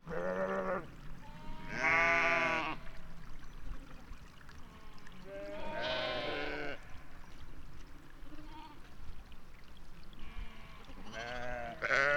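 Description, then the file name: Sheep bleating, a few loud quavering bleats spaced a few seconds apart, over a low rumbling background. Val d'Ajol. "moutons val dajol"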